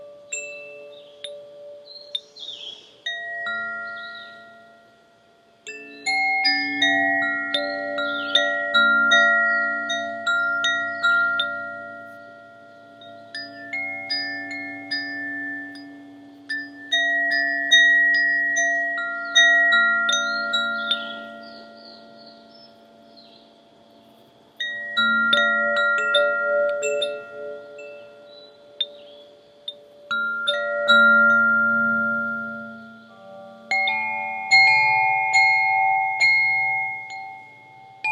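Wind chimes ring in bright clustered strikes that swell and fade, with quiet gaps near six and twenty-five seconds before new bursts of long, shimmering tones.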